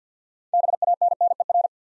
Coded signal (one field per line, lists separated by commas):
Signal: Morse code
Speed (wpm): 49 wpm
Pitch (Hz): 700 Hz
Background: none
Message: BANNER